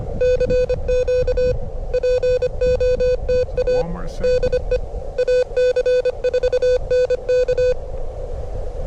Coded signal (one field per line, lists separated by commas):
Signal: Morse code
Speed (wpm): 25 wpm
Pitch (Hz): 500 Hz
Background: speech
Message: CQ POTA DE AC4NK